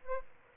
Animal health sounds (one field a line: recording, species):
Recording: mosquito wingbeat signal from an infrared sensor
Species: Aedes albopictus